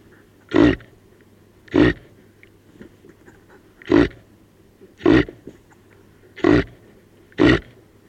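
Reindeer grunting, six short harsh grunts at uneven intervals over a low steady hum.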